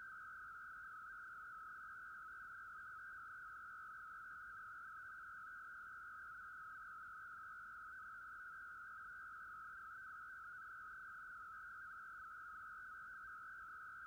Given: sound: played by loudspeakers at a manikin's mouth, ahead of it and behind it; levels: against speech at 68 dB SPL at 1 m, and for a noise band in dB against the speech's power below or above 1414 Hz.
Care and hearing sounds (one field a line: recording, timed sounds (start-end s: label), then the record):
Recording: test signals for a remote microphone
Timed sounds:
0.00-14.07 s: noise band at 1414 Hz, as loud as that band is in speech
From the record:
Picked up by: measurement microphone